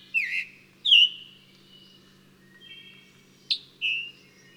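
Bird song with a few separate chirps and a drawn-out whistled note, spaced by quiet gaps, faint hum underneath.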